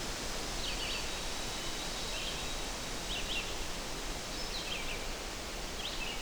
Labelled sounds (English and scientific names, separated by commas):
Red-eyed Vireo (Vireo olivaceus) song